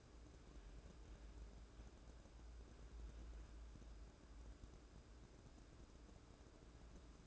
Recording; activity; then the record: daily activity, microphone in the room; wipe stove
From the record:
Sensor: 2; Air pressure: 1012.2 hPa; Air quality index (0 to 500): 160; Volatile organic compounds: 2 ppm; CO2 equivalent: 1162 ppm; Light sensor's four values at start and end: 413/1101/410/443 and 415/1106/411/445